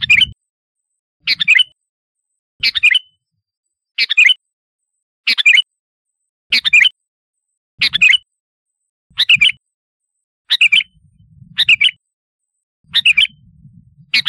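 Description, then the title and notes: Sooty-headed bulbul song, short chirpy phrases repeated every second or so, with a low rumbling background noise coming and going. "Kicau Burung Kutilang"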